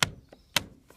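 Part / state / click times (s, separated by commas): plastic end cover onto roof rail mount / seated / 0.0 s, 0.6 s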